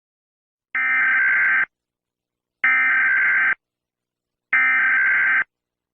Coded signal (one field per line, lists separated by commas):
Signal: Emergency Alert System (SAME) tones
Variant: header bursts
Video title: Animals Take Over - REBORN (AN EAS Scenario)